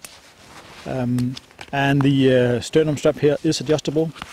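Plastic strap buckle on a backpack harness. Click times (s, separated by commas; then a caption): 0.1 s. A plastic strap buckle on the harness of a 5.11 Tactical Rush 12 backpack is closed at 0.1 s, giving one sharp click as it seats shut. Afterward, someone talks.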